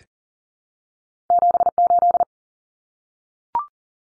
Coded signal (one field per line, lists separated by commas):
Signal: Morse code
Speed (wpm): 40 wpm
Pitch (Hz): 700 Hz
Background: none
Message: 78